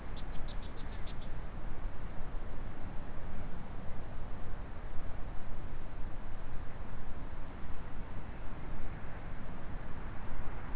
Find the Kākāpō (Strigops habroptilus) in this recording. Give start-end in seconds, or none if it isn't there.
none